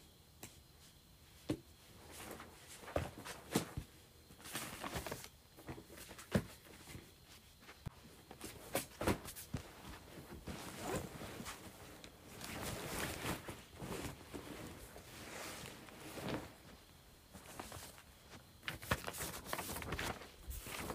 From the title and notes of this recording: ASMR Moving Various Items Around.